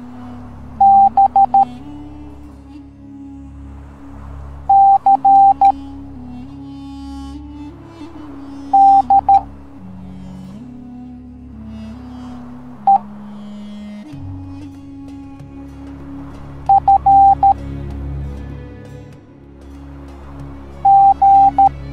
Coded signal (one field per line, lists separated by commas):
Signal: Morse code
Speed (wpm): 13 wpm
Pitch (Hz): 790 Hz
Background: music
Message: B C D E F G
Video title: Roomba Teaching the Morse Code Alphabet Educational Video for Kids